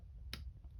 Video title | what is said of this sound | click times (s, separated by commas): SIG Sauer P210A Trigger Bushings/Shims to Reduce Wobble | there it is here click into place on the retainer and so now i've got | 0.3 s